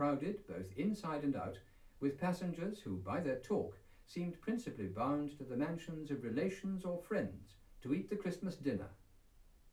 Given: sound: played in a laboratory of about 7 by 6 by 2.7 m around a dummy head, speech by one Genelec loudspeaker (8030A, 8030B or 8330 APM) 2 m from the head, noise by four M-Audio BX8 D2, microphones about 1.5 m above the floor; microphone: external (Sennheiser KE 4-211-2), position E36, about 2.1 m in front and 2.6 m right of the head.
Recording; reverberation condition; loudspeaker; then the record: male speech in English; low; 150 degrees to the left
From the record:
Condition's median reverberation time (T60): about 310 ms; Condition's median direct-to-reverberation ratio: about 3.5 dB